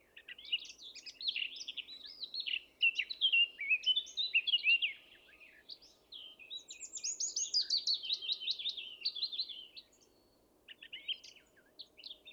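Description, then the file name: Eurasian blackcap song: rich chattering warble, a short lull, then a loud run of quick, repeated bright notes, followed by a few fainter notes. "Sylvia atricapilla"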